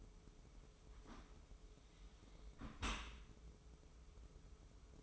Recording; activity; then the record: daily activity, microphone in the room; close dishwasher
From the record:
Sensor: 1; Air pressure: 995.8 hPa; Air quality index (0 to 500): 61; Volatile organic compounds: 2 ppm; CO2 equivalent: 1211 ppm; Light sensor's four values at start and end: 32/111/43/45 and 32/111/43/45